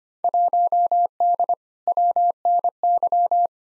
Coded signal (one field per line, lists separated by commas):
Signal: Morse code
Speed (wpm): 25 wpm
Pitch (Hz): 700 Hz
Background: none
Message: 1D WNY